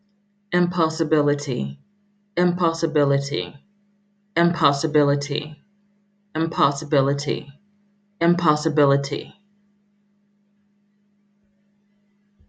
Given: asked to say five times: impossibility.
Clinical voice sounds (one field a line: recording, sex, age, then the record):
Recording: repeated word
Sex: female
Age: 30 to 39 years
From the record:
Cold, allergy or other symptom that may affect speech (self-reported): no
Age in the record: 33 years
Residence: North Carolina, United States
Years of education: 0